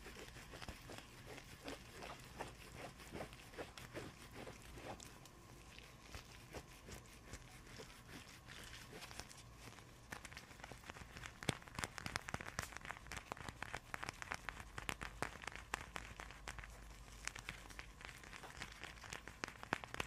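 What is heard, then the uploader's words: Dense tapping and scratching on icy, frozen surfaces, with quick crisp clicks and crackles packed tightly throughout. The sounds are bright and dry, picking up slightly in intensity after the midpoint, set against a faint low hum. ASMR icy frozen triggers // tapping and scratching.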